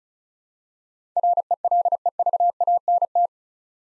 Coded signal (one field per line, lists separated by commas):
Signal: Morse code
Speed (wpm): 36 wpm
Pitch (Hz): 700 Hz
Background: none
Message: RELEVANT